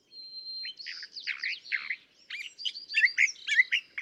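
California thrasher singing: starts with a thin steady whistle, then a string of buzzy, slurred and chattering phrases, over a fairly quiet background.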